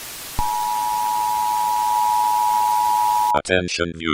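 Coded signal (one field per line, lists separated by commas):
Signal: Emergency Alert System (SAME) tones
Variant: 853 and 960 Hz attention tone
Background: speech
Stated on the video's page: Fictional nationwide alert scenario.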